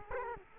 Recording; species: mosquito wingbeat signal from an infrared sensor; Culex quinquefasciatus